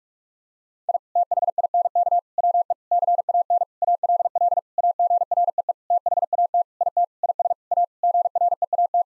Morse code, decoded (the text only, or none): I THINK WE CAN ALL AGREE THAT IT IS A GREAT